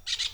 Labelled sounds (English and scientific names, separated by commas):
Brown-throated Parakeet (Eupsittula pertinax) contact call